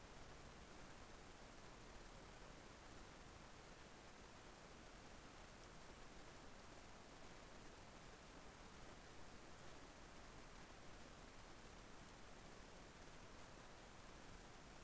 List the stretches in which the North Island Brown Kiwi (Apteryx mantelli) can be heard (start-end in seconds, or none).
none